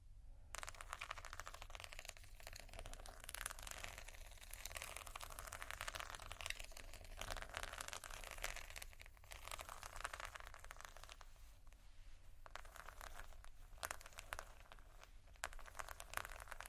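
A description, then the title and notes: Soft scratching goes on without pause, a dense, grainy rasp of repeated strokes that swells and eases in long, slow passes. A steady low rumble sits underneath throughout. Brief gaps in the scratching appear around 12 and 15 seconds. Slow, Deep & Soft Scratching (No Talking).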